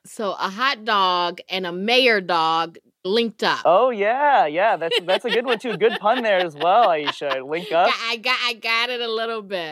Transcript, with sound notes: So a hot dog and a mayor dog linked up.
Oh, yeah. Yeah. (Laughter) That's a good one, too. A good pun there, as well, Ayesha. Link up.
I got it a little bit.